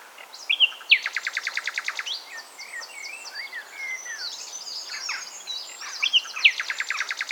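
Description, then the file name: Common nightingale song: dense, energetic phrases of fast repeated pulses, slurred whistles and rattling trills with barely a break. "Luscinia megarhynchos"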